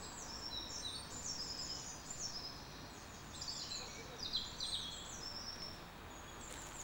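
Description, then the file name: Bird song, quick high chirps and trilled phrases, set against constant hissing ambient noise. "Saltwells Nature Reserve Birdsong"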